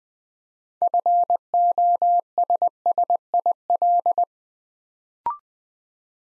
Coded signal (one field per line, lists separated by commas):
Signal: Morse code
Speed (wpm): 20 wpm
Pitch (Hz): 700 Hz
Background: none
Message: FOSSIL